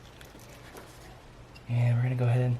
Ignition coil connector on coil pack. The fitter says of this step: Do the same thing. Oh, you hear that click?